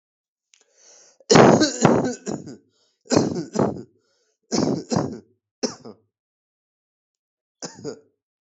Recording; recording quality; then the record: heavy voluntary cough; moderate, slight background noise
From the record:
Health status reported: healthy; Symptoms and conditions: none ticked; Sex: male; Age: 33 years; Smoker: yes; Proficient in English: yes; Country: India